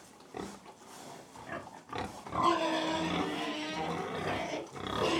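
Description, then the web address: Pig eating noisily, the munching growing louder halfway through. Close perspective of a pig feeding; livestock. "BBC Sound Effects Library. Close Perspective Of Pig Feeding"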